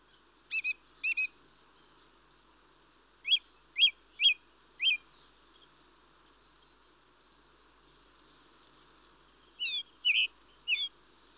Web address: BBC Sound Effects Library - Complete 60 CDs Collection Sound Effects Library-47 (Birds) Mistle Thrush (Turdus Viscivorus)